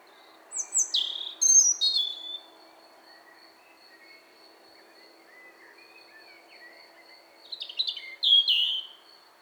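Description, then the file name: European robin song: two brief phrases of high, falling, slurred notes with tinkling trills, split by about five seconds of quiet hiss. "Erithacus rubecula"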